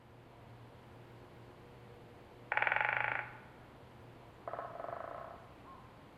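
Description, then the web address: Great spotted woodpecker, two short rapid rattling bursts of fast pulses two seconds apart, the second softer, over a low steady hum. Call, 27 March 2011, at Moiwa. "1 shiryo koe akagera 110327 moiwa namba"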